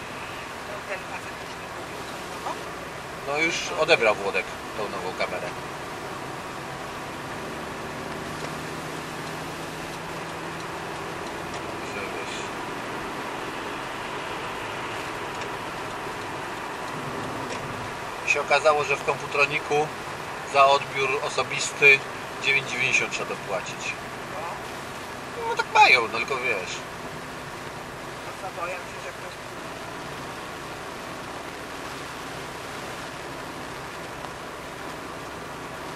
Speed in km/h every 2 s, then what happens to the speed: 68, 69, 71, 75, 79, 83, 85, 85, 85, 82, 79, 75, 70, 65, 63, 60, 58, 58.
0-10 speeds up to 83. 10-16 steady at about 85. 16-36 slows to 58.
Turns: none.